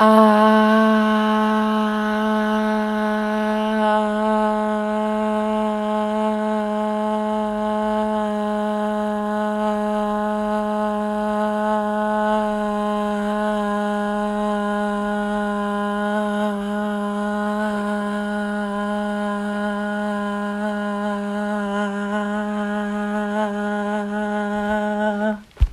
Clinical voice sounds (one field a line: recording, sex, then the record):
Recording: sustained vowel /a/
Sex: female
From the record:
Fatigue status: no fatigue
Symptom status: asymptomatic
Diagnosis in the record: COVID-19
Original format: m4a